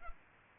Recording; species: mosquito wingbeat signal from an infrared sensor; Culex pipiens